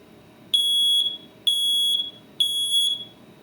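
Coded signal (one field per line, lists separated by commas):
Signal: alarm pattern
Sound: three loud, shrill high-pitched beeps, each about half a second, evenly spaced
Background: low room noise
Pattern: 3 beeps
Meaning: Smoke detector self-test sounding its alarm; detector working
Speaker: Saya tunjukkan kepada anda Oke saya tekan nih untuk Tessa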